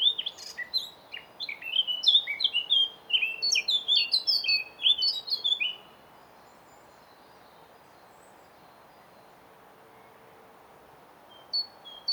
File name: Sylvia atricapilla